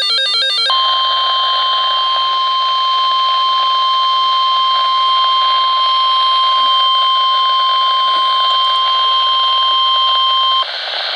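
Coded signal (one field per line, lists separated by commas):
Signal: Emergency Alert System (SAME) tones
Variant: 1050 Hz attention tone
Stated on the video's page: NOAA weather radio alert tones.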